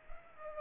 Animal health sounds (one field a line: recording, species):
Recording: mosquito wingbeat signal from an infrared sensor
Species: Culex pipiens